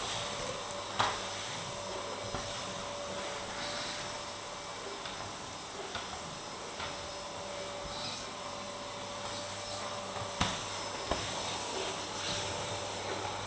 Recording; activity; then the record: daily activity, microphone in the room; vacuum cleaning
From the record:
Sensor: 3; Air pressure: 1011.9 hPa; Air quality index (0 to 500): 236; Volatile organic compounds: 5 ppm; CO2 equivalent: 1750 ppm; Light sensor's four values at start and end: 10/22/9/10 and 6/13/5/6